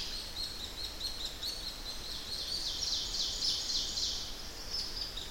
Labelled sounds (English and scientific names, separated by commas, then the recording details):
Ovenbird (Seiurus aurocapilla) song
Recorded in boreal forest in Alberta, Canada, on 10 June 2016 at 08:57
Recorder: SongMeter 3, array SBT-3-39
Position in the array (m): 212 m, 176 m
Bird 17